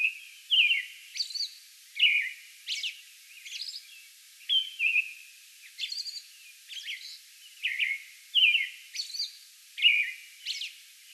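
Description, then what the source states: American robin song of descending whistled phrases and sharp high squeaky notes, alternating through the bout with little other sound. Song bout recorded May 11.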